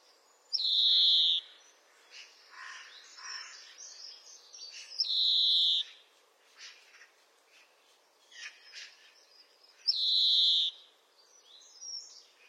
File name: canto do verdelhao